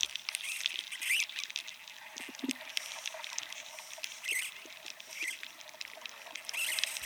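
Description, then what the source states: Bark beetle activity, continuous fizzing crackle of fine clicks with brief louder snaps and scratchy bursts at irregular intervals. Momentary actions of bark beetles infesting pinyon trees in southwestern United States forests, recorded with a transducer microphone inside the trees; sounds also reflect global-warming damage to forests.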